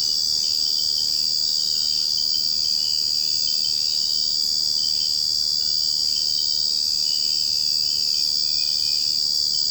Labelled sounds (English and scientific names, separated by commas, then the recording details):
none
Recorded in secondary vegetation near Puerto Asís, Putumayo, Colombia, on 21 March 2025 at 03:00
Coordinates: 0.502, -76.326
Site G100